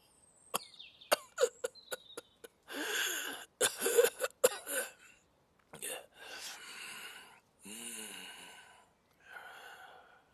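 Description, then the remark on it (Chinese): A harsh coughing fit: a quick string of sharp, abrupt coughs, then several longer raspy, hacking bursts with throaty, partly voiced strain, separated by short pauses. “大声咳嗽起来，脸上搭挂着的肉抖得厉害。”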